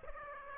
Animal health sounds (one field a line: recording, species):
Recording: mosquito wingbeat signal from an infrared sensor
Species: Aedes aegypti